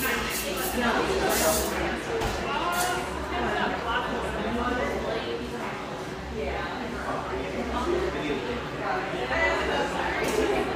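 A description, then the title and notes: In Portland's Pearl District, overlapping voices murmur steadily throughout, with brief bright clatters near the start and a constant low hum beneath. Pearl District, Portland, Oregon.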